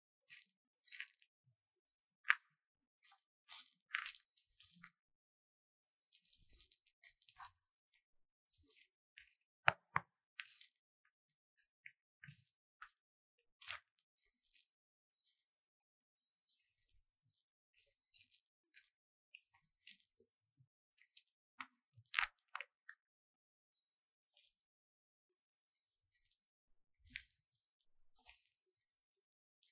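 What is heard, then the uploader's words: A block of magnesium is scraped in short, irregular bursts, each a dry, bright rasp with crisp crackly detail. The strokes come every second or so with quiet gaps between, a few sharper clicks standing out near 2, 10 and 22 seconds. Relaxing Scrape Magnesium Powder Block | NoTalking.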